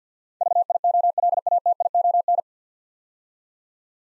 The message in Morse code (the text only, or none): VIOLATION